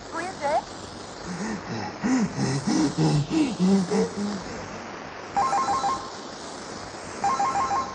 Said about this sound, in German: Hey, Telefon! Hollywood ruft an!